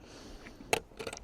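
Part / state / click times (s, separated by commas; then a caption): push-tab latch on camper hardtop tent / released / 0.7 s. Someone presses the push tab on the side of the latch on a Jeep's camper hardtop tent, and it gives a sharp click at 0.7 s as it releases open. A few lighter clicks and rattles follow as the latch folds out of the way.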